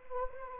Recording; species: mosquito wingbeat signal from an infrared sensor; Anopheles arabiensis